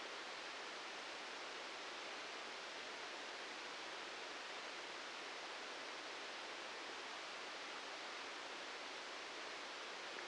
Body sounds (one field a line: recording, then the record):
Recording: brain microelectrode recording played as sound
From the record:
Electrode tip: outside the subthalamic nucleus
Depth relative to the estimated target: 3 mm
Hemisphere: left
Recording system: NeuroSet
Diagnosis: Parkinson's disease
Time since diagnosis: 8 years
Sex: male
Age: 58 years